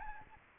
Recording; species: mosquito wingbeat signal from an infrared sensor; Aedes albopictus